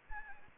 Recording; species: mosquito wingbeat signal from an infrared sensor; Anopheles gambiae